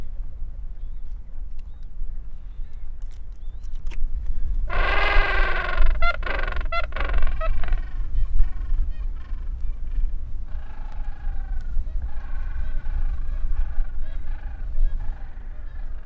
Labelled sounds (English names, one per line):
Gentoo Penguin call